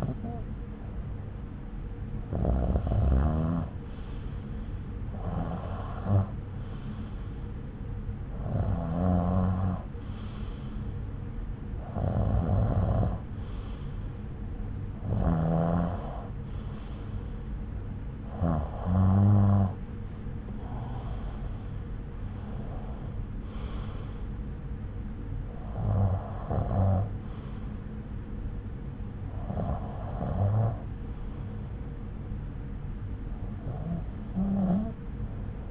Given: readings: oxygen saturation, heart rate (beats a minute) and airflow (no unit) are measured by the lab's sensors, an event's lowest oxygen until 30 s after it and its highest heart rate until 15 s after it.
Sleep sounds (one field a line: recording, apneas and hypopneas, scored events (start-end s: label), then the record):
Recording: breathing in sleep by a smartphone at the bedside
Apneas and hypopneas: none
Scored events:
none scored
From the record:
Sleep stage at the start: REM sleep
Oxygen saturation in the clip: 89 to 95%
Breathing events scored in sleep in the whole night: 303 in 8.1 hours asleep